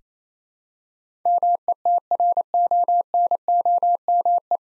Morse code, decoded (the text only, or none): METRONOME